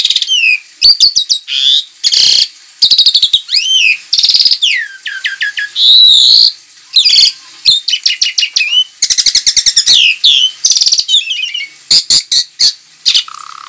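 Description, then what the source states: Javan pied starling song, a long varied sequence of whistled slurs, harsh chattering bursts and rapid clicks, with a low buzzy trill near the end. Lure call recording (pancingan).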